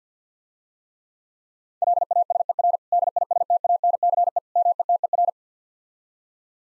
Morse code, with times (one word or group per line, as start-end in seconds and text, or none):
1.8-2.8 LASER
2.9-4.4 DISTANCE
4.6-5.3 METER